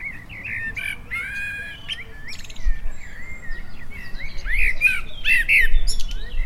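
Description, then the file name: Common blackbird uttering scratchy, squawking call notes in irregular clusters, growing louder and busier toward the end, over continuous low background noise. "Turdus merula"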